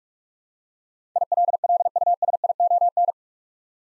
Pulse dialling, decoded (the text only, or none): none